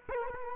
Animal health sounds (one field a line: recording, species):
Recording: mosquito wingbeat signal from an infrared sensor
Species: Culex quinquefasciatus